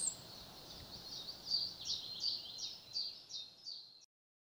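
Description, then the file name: Common firecrest producing a run of very high, thin notes that each drop slightly in pitch, repeated about three times a second, over soft background noise. "Vuurgoudhaan"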